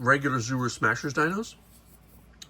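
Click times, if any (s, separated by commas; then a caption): 2.4 s. Someone talks, then a plastic front leg of a toy stegosaurus figure is pressed onto the body socket. After a quiet pause, a short sharp snap is heard at 2.4 s as the leg seats into the body.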